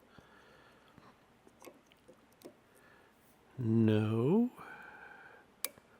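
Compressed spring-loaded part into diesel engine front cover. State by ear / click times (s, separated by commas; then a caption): seated / 5.6 s. A compressed spring-loaded part is pressed into the front cover of a Cummins N14 diesel engine after several failed tries, with faint taps and someone talking. At 5.7 s it snaps home with a sharp, loud click and is seated.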